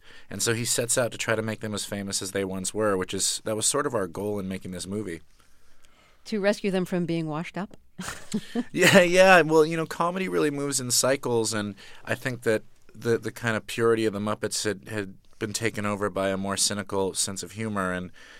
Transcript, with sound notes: And so he sets out to make them as famous as they once were, which is - that was sort of our goal in making this movie.
To rescue them from being washed-up?
(SOUNDBITE OF LAUGHTER)
Yeah, yeah. Well, you know, comedy really moves in cycles, and I think that the kind of purity of the Muppets had been taken over by cynical sense of humor.